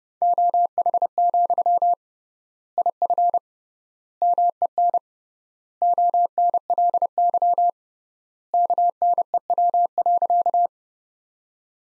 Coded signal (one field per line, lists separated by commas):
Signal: Morse code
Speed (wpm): 30 wpm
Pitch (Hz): 700 Hz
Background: none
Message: OH, IF MEN ONLY KNEW.